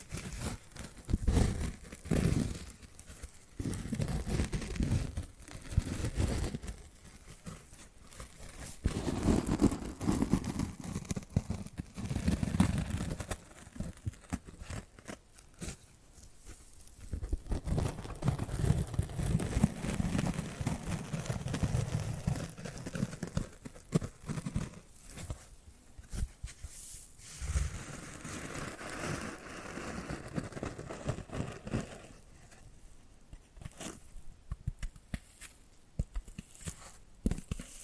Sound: Hypnotic Tapping and Scratching Sounds